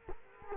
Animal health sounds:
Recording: mosquito wingbeat signal from an infrared sensor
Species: Culex quinquefasciatus

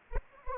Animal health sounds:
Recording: mosquito wingbeat signal from an infrared sensor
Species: Anopheles arabiensis

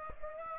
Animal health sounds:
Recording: mosquito wingbeat signal from an infrared sensor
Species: Aedes aegypti

